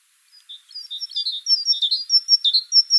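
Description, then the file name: Great tit calling, a run of sharp, high chirps and short upswept notes that grows louder at first, then holds. "Parus major"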